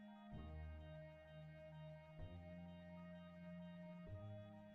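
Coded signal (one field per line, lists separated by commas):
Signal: none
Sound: background music beeps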